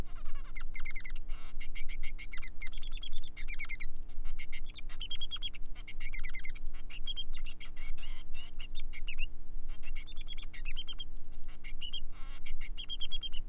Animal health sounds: song of a male Bengalese finch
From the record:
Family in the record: son of father 3

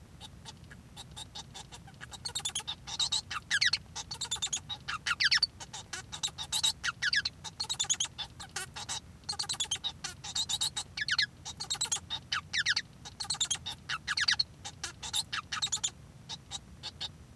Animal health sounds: song of a male Bengalese finch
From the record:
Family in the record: son of father 1

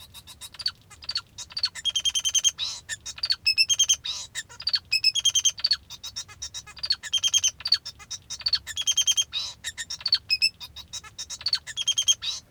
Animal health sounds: song of a male Bengalese finch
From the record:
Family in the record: father 2

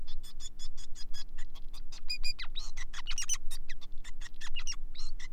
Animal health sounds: song of a male Bengalese finch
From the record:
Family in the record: son of father 5

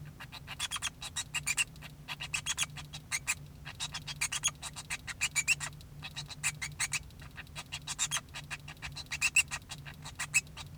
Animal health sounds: song of a male Bengalese finch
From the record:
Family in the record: son of father 2

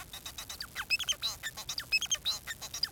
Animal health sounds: song of a male Bengalese finch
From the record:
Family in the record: son of father 4

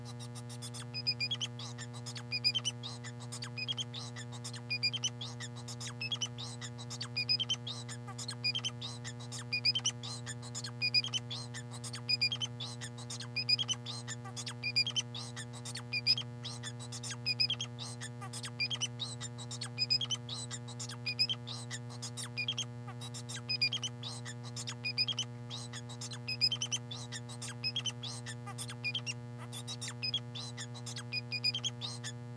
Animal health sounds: song of a male Bengalese finch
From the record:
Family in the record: son of father 4

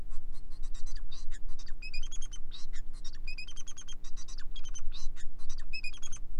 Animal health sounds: song of a male Bengalese finch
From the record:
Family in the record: son of father 4

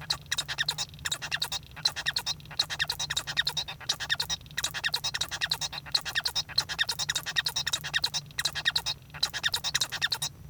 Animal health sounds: song of a male Bengalese finch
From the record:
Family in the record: son of father 1

